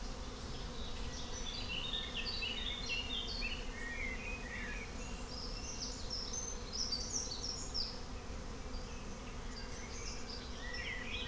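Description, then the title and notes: Bees buzzing in a steady low hum throughout, with birds singing short whistled and trilled phrases above it. Bees with birds in a forest, Klettenstieg, Rahlstedt, Hamburg, Germany, in May in fine spring weather; recorded on an Olympus LS12 with a double-neck microphone. "Klettenstieg, Rahlstedt, Wandsbek, Hamburg, 22143, Deutschland - Bienen und Vögel im Wald - im Mai. 1A Frühlingwetter. Die Bienen, genauso wie die Vögel geben alles. Aufnahme mit dem Olympus LS12 mit dem Badewannen-Doppelnacken-Mikrofon"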